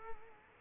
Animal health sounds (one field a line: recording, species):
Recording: mosquito wingbeat signal from an infrared sensor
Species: Culex quinquefasciatus